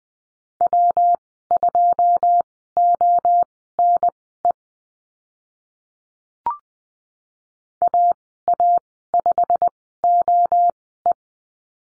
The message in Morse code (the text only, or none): W2ONE AA5OE